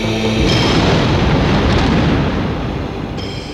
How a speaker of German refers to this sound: Ein Wintergewitter in seiner ganzen besinnungslosen Wut raste über die Stadt hinweg.